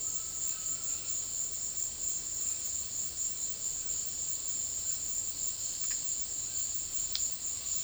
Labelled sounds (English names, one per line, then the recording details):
Cinereous Tinamou
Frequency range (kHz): Cinereous Tinamou 0.6-2.2 kHz
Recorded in dense forest near Puerto Asís, Putumayo, Colombia, on 21 February 2024 at 17:30
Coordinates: 0.500, -76.322
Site G6465